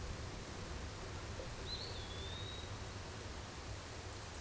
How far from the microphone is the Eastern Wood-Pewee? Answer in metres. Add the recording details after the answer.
about 35 m. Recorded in a Pennsylvania forest on 17 May 2023 at 14:07. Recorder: AudioMoth, point grid1_20_low. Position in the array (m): 93 m, 205 m